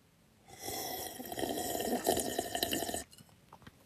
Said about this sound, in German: Du trinkst gerade was, oder? Ja, ich habe geschlürft aus dem Glas.